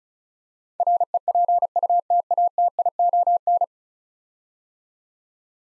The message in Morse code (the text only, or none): REPUTATION